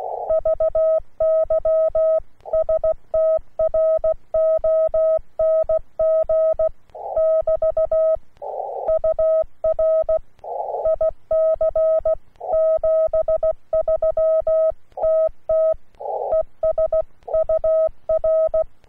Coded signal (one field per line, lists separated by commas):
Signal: Morse code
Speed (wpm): 16 wpm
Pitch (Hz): 640 Hz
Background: none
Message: VY STRONG <BT> UR IC 73 TT ES UR